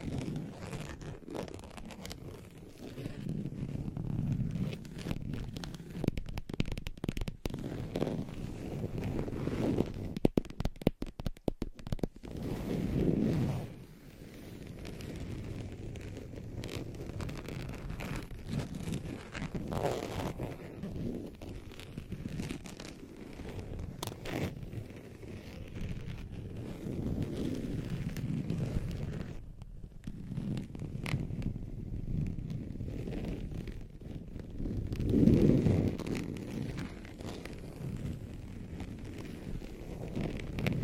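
Scratching and tracing across a surface, with a steady low rubbing texture that swells and fades in waves every few seconds. Around ten to thirteen seconds come quick clusters of sharp taps and scrapes, and another louder swell of scratching peaks near thirty-five seconds.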